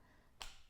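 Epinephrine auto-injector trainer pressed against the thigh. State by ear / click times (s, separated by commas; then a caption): seated / 0.4 s. With the blue safety cap flicked off, the orange tip of a trainer epinephrine auto-injector is swung against the outer thigh. A single sharp, fast-decaying click sounds at 0.4 s, signaling that the medication is in the leg.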